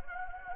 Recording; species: mosquito wingbeat signal from an infrared sensor; Anopheles gambiae